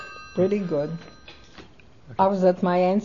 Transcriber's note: a telephone rings